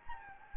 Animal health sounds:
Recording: mosquito wingbeat signal from an infrared sensor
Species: Anopheles gambiae

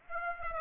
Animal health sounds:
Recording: mosquito wingbeat signal from an infrared sensor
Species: Aedes aegypti

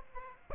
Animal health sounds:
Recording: mosquito wingbeat signal from an infrared sensor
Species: Aedes aegypti

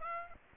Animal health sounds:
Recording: mosquito wingbeat signal from an infrared sensor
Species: Aedes aegypti

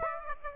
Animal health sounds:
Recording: mosquito wingbeat signal from an infrared sensor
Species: Aedes aegypti

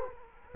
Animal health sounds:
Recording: mosquito wingbeat signal from an infrared sensor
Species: Culex quinquefasciatus

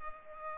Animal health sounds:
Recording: mosquito wingbeat signal from an infrared sensor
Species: Culex pipiens

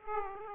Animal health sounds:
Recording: mosquito wingbeat signal from an infrared sensor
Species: Aedes aegypti

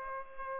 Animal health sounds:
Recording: mosquito wingbeat signal from an infrared sensor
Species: Culex pipiens

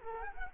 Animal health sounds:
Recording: mosquito wingbeat signal from an infrared sensor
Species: Culex quinquefasciatus

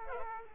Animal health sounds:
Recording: mosquito wingbeat signal from an infrared sensor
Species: Culex quinquefasciatus

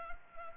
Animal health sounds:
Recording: mosquito wingbeat signal from an infrared sensor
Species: Culex pipiens

